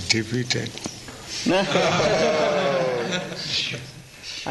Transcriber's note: laughter